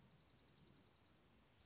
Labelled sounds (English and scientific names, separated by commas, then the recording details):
Dark-eyed Junco (Junco hyemalis)
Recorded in Sonoma County, California